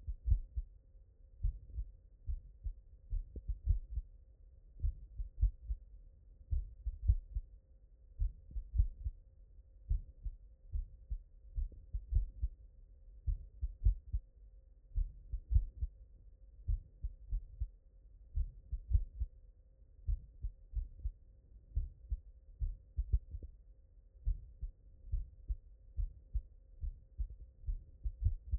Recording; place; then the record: heart sounds by stethoscope; mitral valve (MV)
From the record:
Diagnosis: non-HFrEF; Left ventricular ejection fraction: 75%